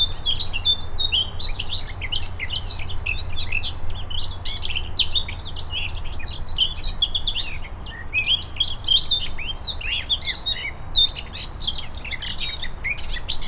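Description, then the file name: Eurasian blackcap song, a dense run of rapid chattering and warbled phrases with high whistled notes, continuing almost without pause over steady low background hiss. "Sylvia atricapilla"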